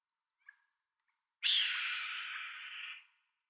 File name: John Neville - Red-Tailed Hawk Buse a Queue Rousse